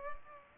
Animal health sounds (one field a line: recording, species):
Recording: mosquito wingbeat signal from an infrared sensor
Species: Culex pipiens